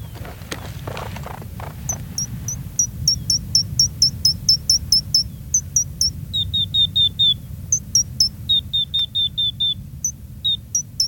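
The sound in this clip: Gray's lark giving a long series of short, high whistled notes, alternating between runs of a higher note and runs of a lower repeated note, over a low rushing background.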